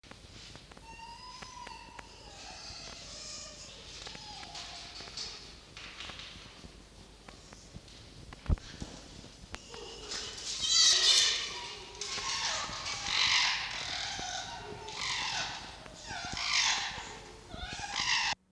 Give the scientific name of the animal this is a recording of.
Vulpes vulpes